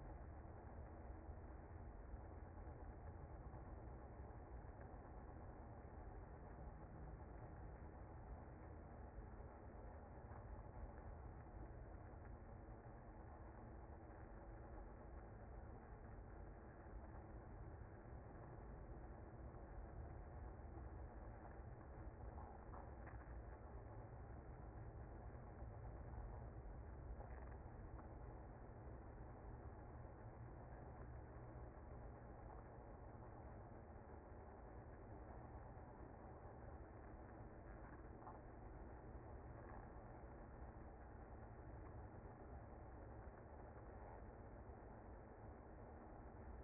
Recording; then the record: honeybee colony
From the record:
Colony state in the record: active